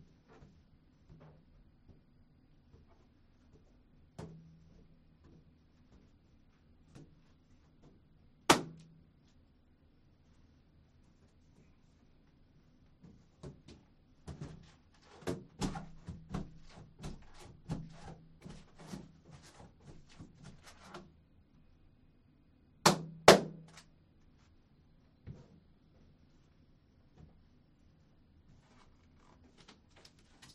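Things are popped one at a time with a needle taped to a stick: two sharp, loud pops stand out, near 8 seconds and again near 23. Between them comes a busy stretch of small knocks and rustling, over a steady low hum.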